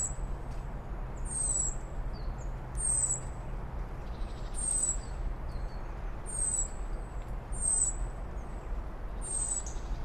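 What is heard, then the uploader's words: Birds sing at dawn in a forest, with short, high, bright calls repeating about every one to two seconds, some with quick rising or falling sweeps. Beneath them runs a steady low rumble and hiss, like wind or traffic. Birdsong Sounds of Sunrise: Forest Harmony. As the dawn light starts to filter through the trees, the birds begin to sing. The robin's clear, melodic trill cuts through the air, joined by the cheerful chirping of the goldfinch. The songthrush adds its own rich, fluty notes to the chorus. User squashy555 of freesound.org, who recorded these sounds in May 2021.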